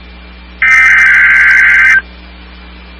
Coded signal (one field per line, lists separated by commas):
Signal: Emergency Alert System (SAME) tones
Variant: header bursts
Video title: EAS 3882-3890: Weekly Tests From 10/19/22